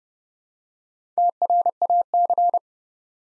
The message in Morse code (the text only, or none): TRAC